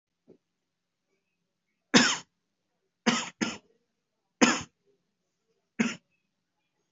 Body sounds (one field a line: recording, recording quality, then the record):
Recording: heavy voluntary cough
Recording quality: excellent, no background noise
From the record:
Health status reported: healthy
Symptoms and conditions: none ticked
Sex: male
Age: 22 years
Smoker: not ticked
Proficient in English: yes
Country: India